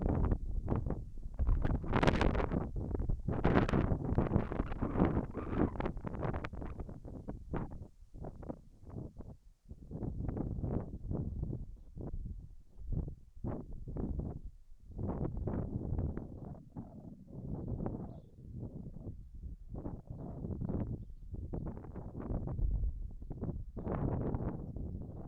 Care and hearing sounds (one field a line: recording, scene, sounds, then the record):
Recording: everyday scene through a hearing-aid microphone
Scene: wind on the microphone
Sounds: wind, whistling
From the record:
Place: in front of a rural house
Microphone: behind the ear, left, front